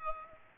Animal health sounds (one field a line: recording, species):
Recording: mosquito wingbeat signal from an infrared sensor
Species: Aedes aegypti